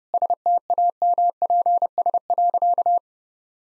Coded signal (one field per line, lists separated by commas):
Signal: Morse code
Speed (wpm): 30 wpm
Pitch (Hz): 700 Hz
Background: none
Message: STAMPS.